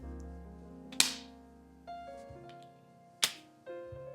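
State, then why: Seated. An unlocked Zepbound auto-injector pen, pressed against the skin on the left side, gives a sharp click at 1.0 s as the injection starts and a second click at 3.2 s when the medication has finished injecting. Steady musical tones play in the background throughout.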